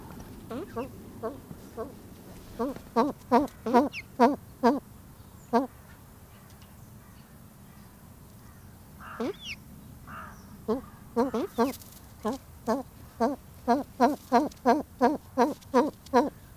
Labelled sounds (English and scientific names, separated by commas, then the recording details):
Blue Eared Pheasant (Crossoptilon auritum) call
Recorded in captivity
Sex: pair
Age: adult
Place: Tierpark Berlin, Berlin, DE
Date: 1997-01-12 14:42
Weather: heiter, fast windstill, -5°C
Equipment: Nagra SN, Kopie Uher 4000 Report Monitor
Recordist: Tembrock, Günter